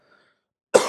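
After near silence with faint murmuring, a single abrupt, loud cough burst breaks in and is cut off at the end. It is an explosive, noisy adult male cough with no clear wheeze or whoop, from a lingering cough that has persisted since the previous year.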